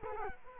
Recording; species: mosquito wingbeat signal from an infrared sensor; Culex quinquefasciatus